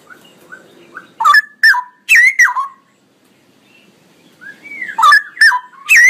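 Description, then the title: Straw-headed bulbul song: loud liquid whistled notes sweeping up and down in two bursts, with softer whistles before the first. Male, singing loudly and energetically with long rolling phrases. "Cucak ROWO Jantan GACOR Suara Lantang ROoo EL Panjang"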